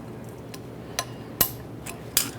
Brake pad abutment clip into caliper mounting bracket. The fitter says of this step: Listen for a click.